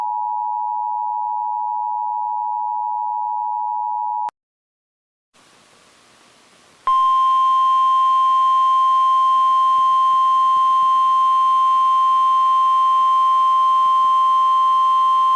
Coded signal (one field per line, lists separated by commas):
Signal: Emergency Alert System (SAME) tones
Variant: 853 and 960 Hz attention tone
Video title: EAS Mock: Tornado Warning For Union And Chester Counties In South Carolina 11/30/16